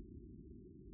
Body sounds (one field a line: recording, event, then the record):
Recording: neck accelerometer signal played as sound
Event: no cough (speech, laughter, throat clearing or background)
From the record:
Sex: male